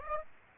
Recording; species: mosquito wingbeat signal from an infrared sensor; Aedes aegypti